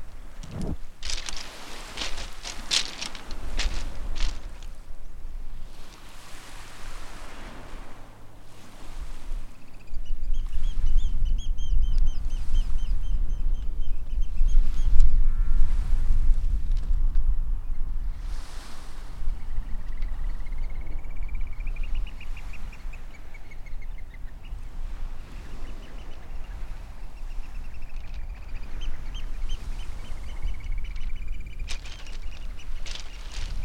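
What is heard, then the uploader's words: Waves wash steadily against the shore, with a low, constant surge and occasional swells that grow louder around the middle. Shorebirds call over it in piping, rising whistles, sometimes in quick trilled runs, coming and going throughout. Soothing sounds of waves and seabirds in Anglesey. It's early morning in a secretive bay on northern Anglesey. You're walking on a shingle bank that separates a serene, reed-fringed lagoon from the restless rising tide. The pipes and skirls of oystercatchers, redshanks and curlews rise over the wash of the waves. Recorded by Kevin Parr.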